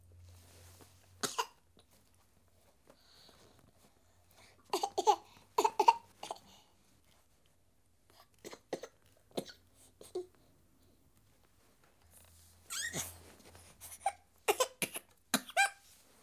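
Several short, sharp cough bursts from a sick 7-month-old girl, coming in clusters, with brief whimpering sounds between them.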